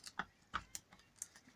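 The plastic lid of the detergent dispenser on the door of a Beko DFN2820X dishwasher is snapped shut over a tablet and gel. A series of short, sharp plastic clicks sounds, loudest near 0.2, 0.6, 0.8 and 1.2 seconds. The first of two snaps clicks at 0.2 seconds, and the second snap has not yet clicked.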